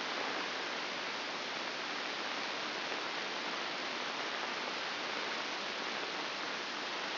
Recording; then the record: brain microelectrode recording played as sound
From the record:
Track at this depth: outside the subthalamic nucleus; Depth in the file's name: 6.461 mm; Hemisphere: left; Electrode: 2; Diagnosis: Parkinson's disease